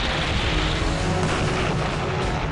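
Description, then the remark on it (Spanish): A dense, continuous barrage of rocket explosions from rockets fired by Typhoon aircraft, deep booms and crackling blasts merging into one loud, steady roar with no pauses and no voices. “Se desata un ruido infernal y solo se ven pedazos.”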